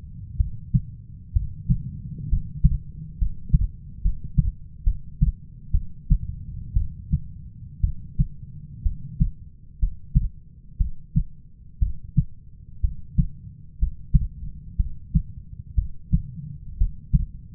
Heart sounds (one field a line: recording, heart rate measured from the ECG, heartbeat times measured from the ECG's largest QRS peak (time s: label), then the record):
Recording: heart sounds by stethoscope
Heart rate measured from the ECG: 62 bpm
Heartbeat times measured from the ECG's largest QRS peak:
0.37 s: heartbeat
1.33 s: heartbeat
2.29 s: heartbeat
3.18 s: heartbeat
4.01 s: heartbeat
4.83 s: heartbeat
5.71 s: heartbeat
6.74 s: heartbeat
7.81 s: heartbeat
8.83 s: heartbeat
9.79 s: heartbeat
10.77 s: heartbeat
11.79 s: heartbeat
12.81 s: heartbeat
13.79 s: heartbeat
14.76 s: heartbeat
15.75 s: heartbeat
16.77 s: heartbeat
From the record:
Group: healthy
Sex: female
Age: 37 years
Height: 168 cm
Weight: 70 kg